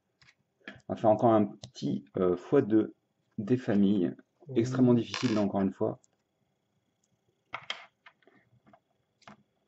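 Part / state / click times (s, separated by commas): plastic building bricks pressed onto a LEGO model / seated / 7.5 s, 7.7 s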